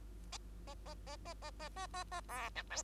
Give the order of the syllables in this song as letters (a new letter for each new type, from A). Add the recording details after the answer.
A A A A A A A A A A B C D. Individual Bird2